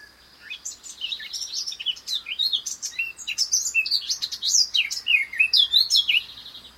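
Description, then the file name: Eurasian blackcap singing a continuous rapid warble of high, jumbled chirps and slurred whistles, growing louder toward the end before fading. "Sylvia atricapilla"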